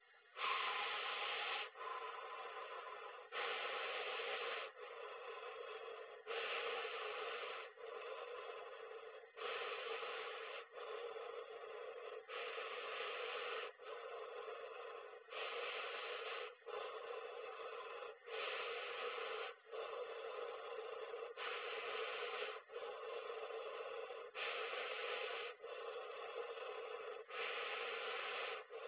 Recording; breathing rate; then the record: paced breathing near a phone; 20 breaths a minute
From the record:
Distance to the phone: 20 cm